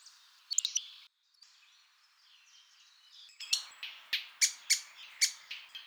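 Bird with a few high chirps early, then a rapid run of loud, sharp notes over the last two and a half seconds.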